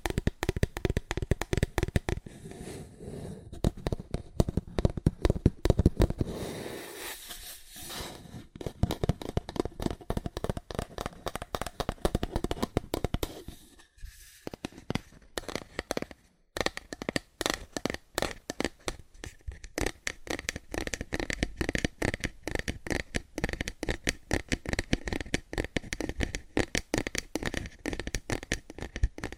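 Fast, aggressive tapping on cardboard, a dense stream of sharp, dry clicks with little let-up. A louder, more rumbling flurry builds around five to eight seconds, with brief gaps near fourteen and sixteen seconds, then the rapid, even tapping continues to the end.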